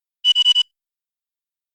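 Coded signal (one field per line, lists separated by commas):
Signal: none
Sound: a scanner's beeps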